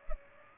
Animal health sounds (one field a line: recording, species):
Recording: mosquito wingbeat signal from an infrared sensor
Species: Culex pipiens